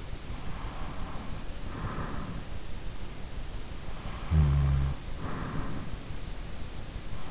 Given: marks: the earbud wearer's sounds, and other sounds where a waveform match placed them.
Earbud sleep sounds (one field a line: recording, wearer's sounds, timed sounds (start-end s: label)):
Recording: sounds in sleep by an in-ear microphone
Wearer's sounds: breath, snoring breath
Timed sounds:
0.49-2.84 s: breath
4.27-5.65 s: snoring breath